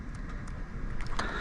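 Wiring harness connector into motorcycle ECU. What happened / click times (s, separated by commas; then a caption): The wiring connector clicked home / 1.2 s. A wiring harness connector is slid into a new GET SX1 ECU made by Taco Moto, fitted to a KTM 500 EXC-F motorcycle, over a steady low background rumble. It latches with a sharp click at 1.2 s, after smaller ticks at 0.5 s and 1.0 s, and the connector is seated.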